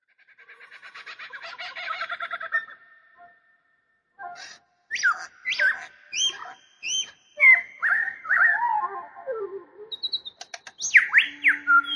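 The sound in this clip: Birds: bird calls begin with a buzzy rattling trill, then sharp squawks and rising and falling whistled notes in irregular bursts, with a low steady tone at the end.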